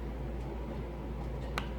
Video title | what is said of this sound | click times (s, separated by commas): 1978 Suzuki GS550E Carb Clean Rebuild | all right a couple rubber end caps for that throttle rod just pop right in there | 1.6 s